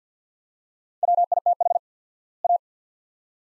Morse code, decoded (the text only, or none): WITH A